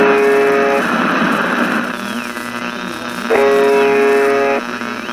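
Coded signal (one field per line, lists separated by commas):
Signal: channel marker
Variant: UVB-76 (The Buzzer)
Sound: two harsh, rasping buzzes about a second long, separated by hissy radio noise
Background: radio static, interference whistles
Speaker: this station's only broadcast is a repeating buzzer sound that continues 24 hours a day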